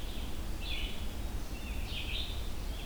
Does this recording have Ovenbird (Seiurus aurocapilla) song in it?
no